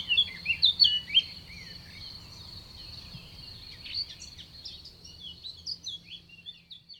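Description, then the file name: Bird twittering, with a lively burst of sharp chirps at the start that fades into scattered softer notes, a constant thin high tone running underneath. Recorded at Sonnaz. "oiseau sonnaz"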